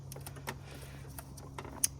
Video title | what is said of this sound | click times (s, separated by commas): Dodge Durango RT e85 DYNO TUNED -- Ported 392 Intake Manifold with Hellcat Injectors -- Cold Start | Make sure you hear that click. | 1.8 s